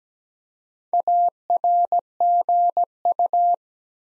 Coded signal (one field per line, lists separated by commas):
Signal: Morse code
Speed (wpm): 17 wpm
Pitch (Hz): 700 Hz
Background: none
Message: ARGU